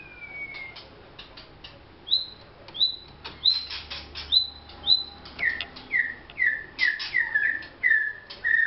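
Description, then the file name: White-rumped shama song, a long whistle, then clear high notes repeated about every half second, shifting to a series of downslurred whistles with clicks. Vietnam. "shama vietnam omkicau"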